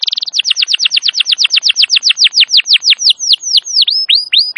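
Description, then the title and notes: Canary song: a fast trill opening into a long series of downward-sweeping whistled notes that slow steadily, spaced wider toward the end. Wild canary song used as a master recording to lure or train canaries; described as a long, highly active singer. "Pikat Kenari GACOR PANJANG INI Cocok Untuk Masteran KENARI LIAR. Masteran burung kenari gacor parah"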